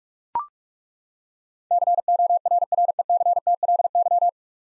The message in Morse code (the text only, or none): CORRECTLY